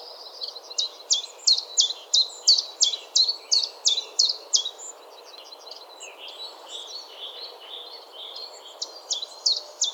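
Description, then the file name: Common Chiffchaff song, a steady run of sharp high notes at about three per second for several seconds, resuming briefly near the end. "Johannes Buhl - Penochka-tenkovka Phylloscopus collybita"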